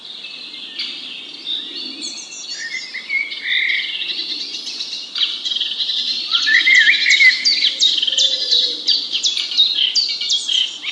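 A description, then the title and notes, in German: Morning at the edge of a frog pond, filled with a dense, steady chorus of bright bird chirps and trills that overlap throughout. The calls grow busier and slightly louder after the midpoint, over a faint low murmur in the background. Entspannung Natur: Morgens am Froschweiher. Am Rand eines Froschweihers mitten in einem Biotopgebiet.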